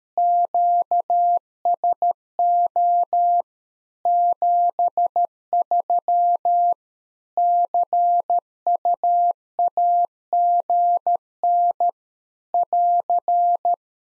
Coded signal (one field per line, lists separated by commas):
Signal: Morse code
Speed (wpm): 13 wpm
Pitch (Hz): 700 Hz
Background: none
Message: QSO 73 CUAGN <AR>